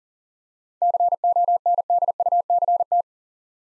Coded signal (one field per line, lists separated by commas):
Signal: Morse code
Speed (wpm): 39 wpm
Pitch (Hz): 700 Hz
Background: none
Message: CONDUCT